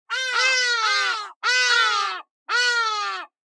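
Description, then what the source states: Hadeda ibis calls: three loud, harsh, nasal haa blasts, each about a second long, with short silent gaps between them. A pair of hadeda ibises calling.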